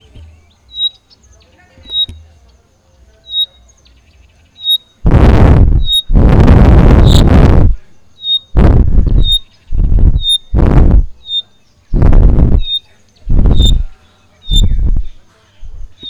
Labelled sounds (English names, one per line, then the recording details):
Pygmy Batis
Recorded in northern Uganda